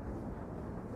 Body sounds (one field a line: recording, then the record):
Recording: background sound without coughing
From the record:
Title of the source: Train Ride Ambience ambient white noise for sleeping, focus, studying, reading